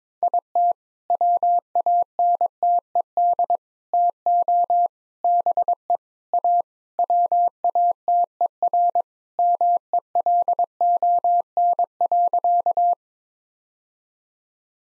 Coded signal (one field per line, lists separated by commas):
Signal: Morse code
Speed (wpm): 22 wpm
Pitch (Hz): 700 Hz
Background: none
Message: IT WANTED TO BE A WATERMELON.